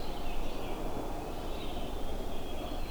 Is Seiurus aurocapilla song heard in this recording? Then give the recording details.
no. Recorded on 21 June 2016 at 08:07. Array SBT-6-76